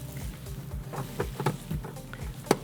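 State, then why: Seated. A new replacement UV lamp, held by its base, is pushed into the body of a portable air purifier, with faint scraping and small taps as it slides in. It clicks into place at 2.5 s with the loudest, sharpest hit of the clip, and the lamp is seated.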